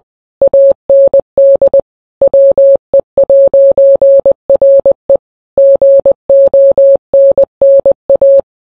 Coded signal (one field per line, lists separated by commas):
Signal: Morse code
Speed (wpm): 20 wpm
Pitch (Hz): 550 Hz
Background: none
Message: AND WE'RE GONNA